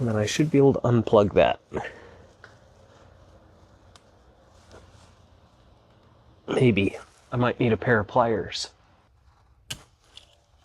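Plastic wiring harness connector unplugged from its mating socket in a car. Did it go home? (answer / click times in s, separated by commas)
released / 9.7 s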